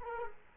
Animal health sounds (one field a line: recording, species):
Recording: mosquito wingbeat signal from an infrared sensor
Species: Culex quinquefasciatus